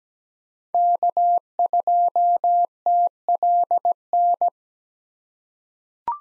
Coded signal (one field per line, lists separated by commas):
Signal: Morse code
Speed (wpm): 17 wpm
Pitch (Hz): 700 Hz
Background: none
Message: K2TLN